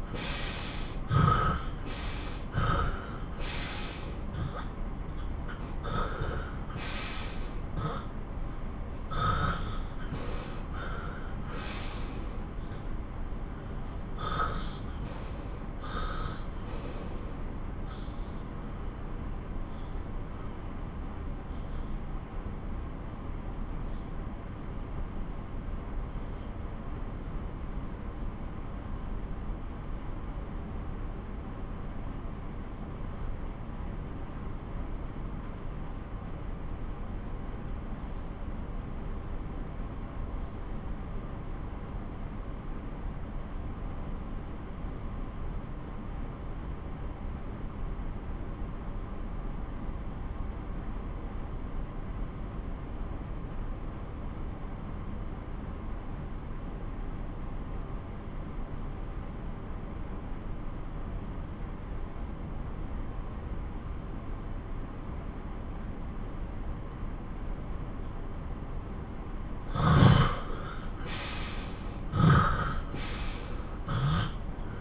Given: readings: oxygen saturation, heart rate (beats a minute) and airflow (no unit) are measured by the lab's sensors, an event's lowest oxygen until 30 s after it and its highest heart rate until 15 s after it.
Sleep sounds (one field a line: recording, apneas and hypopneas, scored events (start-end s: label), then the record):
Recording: breathing in sleep by a smartphone at the bedside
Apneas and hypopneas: 1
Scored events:
2.00-32.00 s: new sleep stage, N1 (lightest sleep)
16.00-65.80 s: obstructive apnea (N1, oxygen 94% highest, then 81% lowest)
32.00-62.00 s: new sleep stage, N2 (light sleep)
62.00-74.81 s: new sleep stage, N1 (lightest sleep)
From the record:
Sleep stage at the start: N2 (light sleep)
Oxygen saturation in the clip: 77 to 94%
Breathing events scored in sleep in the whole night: 217 in 6.3 hours asleep